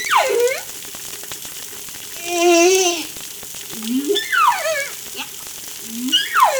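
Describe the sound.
Whale calls: harmonic moans sweeping steeply downward, short rising upsweeps, and a held, wavering tonal note, repeated over a steady crackling, clicking background.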